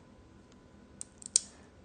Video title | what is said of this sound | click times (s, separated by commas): Tuesday May 14th at 3pm PT - Trunk Show Tuesday: Limited Stock - Clearance Sale Items! | so here we go and it you could hear it kind of clicks and locks into place | 1.4 s